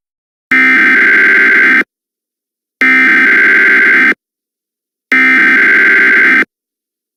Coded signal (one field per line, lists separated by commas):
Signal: Emergency Alert System (SAME) tones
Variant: header bursts